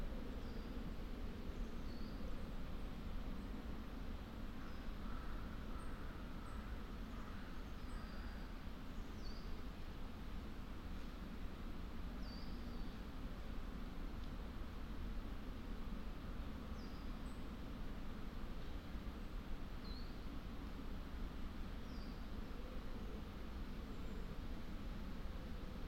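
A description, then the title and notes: A forest in a valley gives a steady, dense low rumble throughout, like traffic or a train rolling. Small birds chirp thinly and high above it every few seconds, scattered across the whole stretch without pause. We captured this hour of forest time by leaving the Lento mics alone on an old tree last month deep in the Wyre Forest in Worcestershire. Slow forest Wyre valley.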